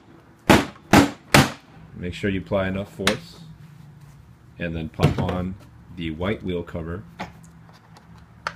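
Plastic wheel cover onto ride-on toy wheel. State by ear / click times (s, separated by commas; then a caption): seated / 8.5 s. A white plastic wheel cover is pushed onto the wheel of a ride-on toy golf cart so it pops into place on its inserts, and the cover seats with one sharp hit at 8.5 s. Before that, three loud knocks land near 0.5, 0.9 and 1.4 s, and someone talks between them.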